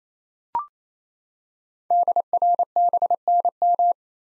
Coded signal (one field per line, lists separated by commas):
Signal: Morse code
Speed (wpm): 27 wpm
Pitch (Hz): 700 Hz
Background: none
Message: DRBNM